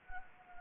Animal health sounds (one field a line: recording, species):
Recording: mosquito wingbeat signal from an infrared sensor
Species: Anopheles gambiae